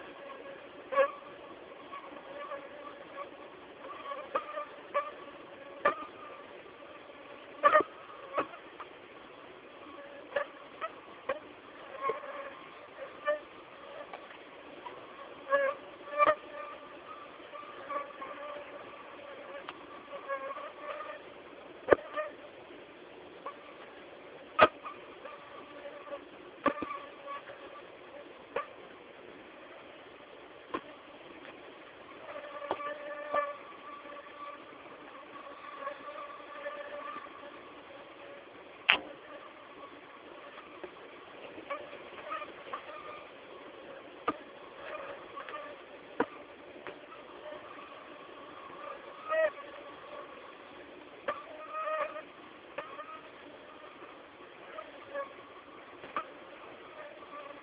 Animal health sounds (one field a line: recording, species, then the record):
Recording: mosquito flight sound by mobile phone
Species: Aedes aegypti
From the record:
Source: CDC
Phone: Samsung T209